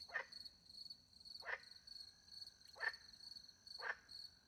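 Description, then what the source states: Frog giving four short croaks over about four seconds, with a constant high cricket trill behind. Frogs with crickets at night in the countryside by a small pond, France; microphones hidden in a tree; two Usi pro microphones into a Mixpre 10 II recorder.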